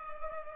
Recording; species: mosquito wingbeat signal from an infrared sensor; Culex pipiens